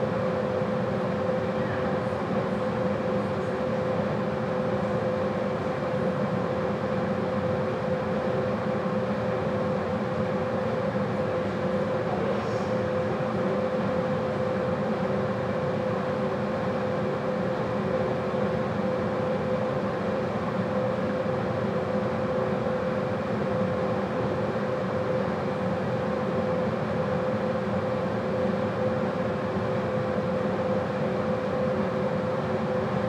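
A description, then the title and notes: A gym's air conditioning runs as a steady, unbroken hiss and rumble, dense through the lows and mids. A clear, constant hum rides on top at one pitch, and the loudness holds level for the whole half minute with no distinct events. Int. Gym AC White Noise.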